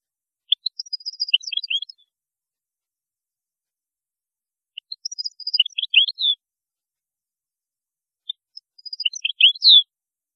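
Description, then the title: European goldfinch song: three similar phrases of rapid, high, tinkling twitters, repeated about every four seconds. "Chant Chardonneret"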